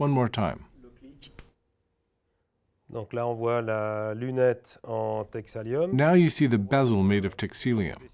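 A watch strap is pushed into the push-button lug attachment of a Hublot watch case a second time and latches with a sharp click at 1.4 s, seating in place. A man talks before and after the click.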